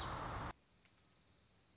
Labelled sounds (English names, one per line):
Dark-eyed Junco